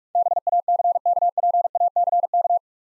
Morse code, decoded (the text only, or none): BACKPACK